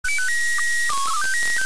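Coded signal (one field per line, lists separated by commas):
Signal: SSTV (slow-scan television)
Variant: PD 120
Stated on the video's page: SSTV received from the ISS during a pass.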